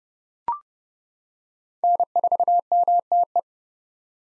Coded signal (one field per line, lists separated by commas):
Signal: Morse code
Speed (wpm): 30 wpm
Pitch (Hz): 700 Hz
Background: none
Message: N4MTE